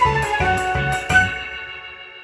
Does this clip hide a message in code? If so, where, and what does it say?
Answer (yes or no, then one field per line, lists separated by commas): no